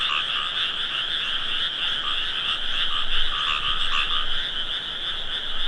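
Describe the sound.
Frog chorus, many overlapping croaks forming an unbroken drone.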